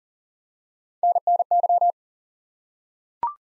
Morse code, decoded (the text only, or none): NNY